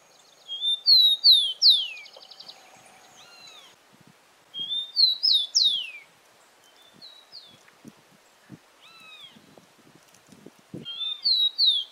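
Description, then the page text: Rufous-collared sparrow repeating its whistled phrase three times, each ending with a steep downward slur, about every four to six seconds; another bird's buzzy notes and scattered clicks are heard between phrases. "TICO TICO (Zonotrichia Capensis)"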